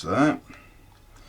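A plastic kit part is being handled and pressed onto the hull of a 1/35 scale Tamiya Panzer Kampfwagen IV Ausf.D model tank, meant to clip into place. Someone talks briefly at the start, followed by quiet faint handling noises. Nothing has seated or clicked yet.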